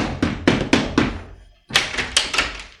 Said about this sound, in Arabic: أستأذنك يا أمي لأفتح الباب وأرى من جاءنا الساعة ولأي سبب جاء.